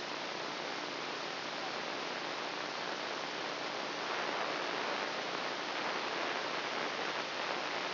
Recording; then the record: brain microelectrode recording played as sound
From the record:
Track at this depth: inside the subthalamic nucleus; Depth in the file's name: 4.307 mm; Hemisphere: left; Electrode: 2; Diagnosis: Parkinson's disease